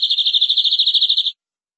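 Canary producing a fast, steady high trill, a rolling run of rapidly repeated notes lasting over a second before stopping.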